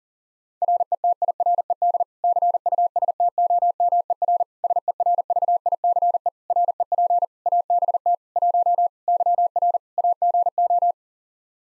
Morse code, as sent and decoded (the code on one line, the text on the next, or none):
.-. . - .. .-. . -.. / -.-. ..- ... - --- -- . .-. / ... . .-. ...- .. -.-. . / .-. . .--. / .- -... - / .---- / -.-- .-. / .- --. ---
RETIRED CUSTOMER SERVICE REP ABT 1 YR AGO